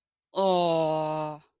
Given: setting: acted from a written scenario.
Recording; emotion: vocal sound without words; adoration